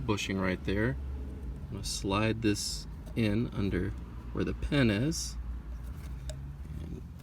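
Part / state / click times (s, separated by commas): shifter bushing into manual gearshift turret / seated / 6.3 s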